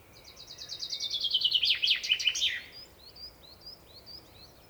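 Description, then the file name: Common chaffinch song: a rapid series of bright notes falling in pitch, ending in a loud flourish, followed by scattered thin chirps. "Fringilla coelebs"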